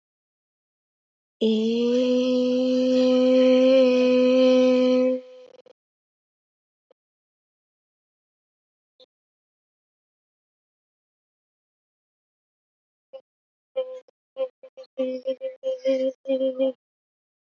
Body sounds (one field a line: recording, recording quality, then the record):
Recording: sustained vowel as in made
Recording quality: poor, much background noise or distortion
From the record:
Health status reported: healthy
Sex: female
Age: 23 years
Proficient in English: yes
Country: India